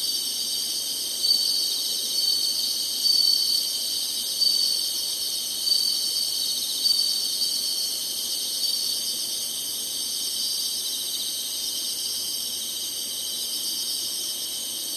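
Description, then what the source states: Insects singing in a dense, unbroken high-pitched chorus with layered shimmering bands, plus a few brief thin whistled notes in the first half. Singing, in summer.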